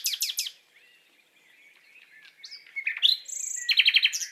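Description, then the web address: Common nightingale song: a few sharp notes, quiet varied twittering, then a clear whistle and a fast repeated trill. Courting song. "annee nature rossignol amoureux"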